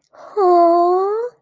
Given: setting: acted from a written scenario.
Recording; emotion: vocal sound without words; adoration